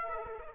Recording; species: mosquito wingbeat signal from an infrared sensor; Aedes aegypti